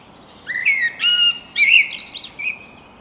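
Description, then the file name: Common blackbird song: two short phrases, each opening with low, flutelike whistles and breaking into a high, squeaky twitter. "Turdus merula"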